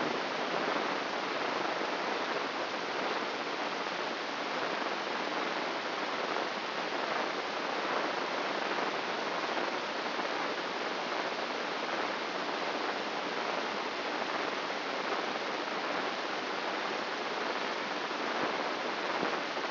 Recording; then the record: brain microelectrode recording played as sound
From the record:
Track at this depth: outside the subthalamic nucleus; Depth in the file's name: 8.628 mm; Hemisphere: left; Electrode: 3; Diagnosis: Parkinson's disease